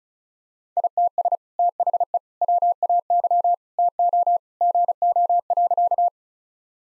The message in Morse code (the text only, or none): ITS THE WAY TO GO.